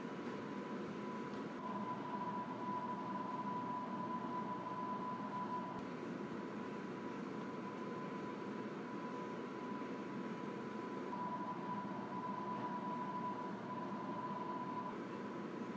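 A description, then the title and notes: A convection oven runs with a steady, dense whooshing rumble that stays at an even level throughout. A thin, high whine rides on top from about two to six seconds, fades out, then returns from around eleven seconds to the end. ASMR: Convection Oven.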